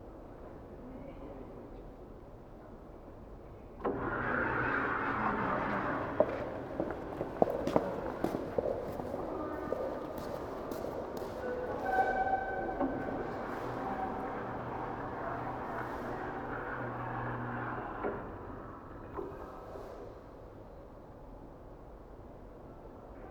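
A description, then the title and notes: A low, steady hum fills the first four seconds, then the sound jumps louder as a glass sliding door seems to open, letting in a busy mix of voices, clatter and sharp taps. It settles back to the quiet hum near eighteen seconds. Recordings I made on the 25 May 2017 during a day of wandering in Kanazawa, an important cultural town on the west coast of Honshu Japan.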